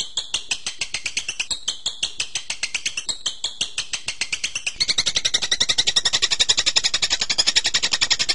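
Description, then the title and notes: Songbird giving rapid pulsed high notes that become louder and brighter after about five seconds. Birdsong used to train birds. "MASTERAN BURUNG. suarane manok"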